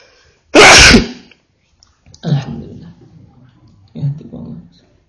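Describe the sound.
A single loud, explosive sneeze bursts out, then a man speaks a couple of short phrases in a low voice after it.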